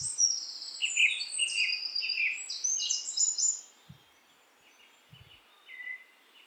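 Bird song of high buzzy trills and quick chattering phrases for about four seconds, then fading to faint scattered notes over soft background hiss.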